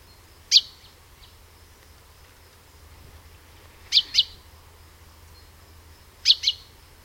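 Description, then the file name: Common chaffinch giving short, sharp high call notes: a single note, then a pair, then another pair, spaced a few seconds apart against faint low hum. "Fringilla coelebs"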